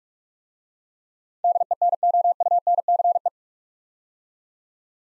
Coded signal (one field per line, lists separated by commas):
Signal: Morse code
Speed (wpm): 46 wpm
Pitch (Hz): 700 Hz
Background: none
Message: DENOUNCE